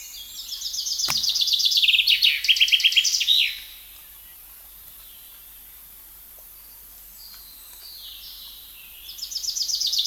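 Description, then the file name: Common chaffinch song: a loud descending series of trilled phrases ending in a flourish, a quiet gap with faint bird sounds, then the next song starting at the end. "Fringilla coelebs"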